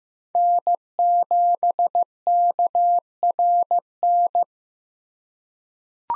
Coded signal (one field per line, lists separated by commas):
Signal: Morse code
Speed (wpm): 15 wpm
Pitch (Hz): 700 Hz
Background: none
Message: N7KRN